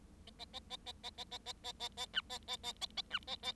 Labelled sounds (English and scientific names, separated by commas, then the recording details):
Bengalese Finch (Lonchura striata domestica) song
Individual Bird7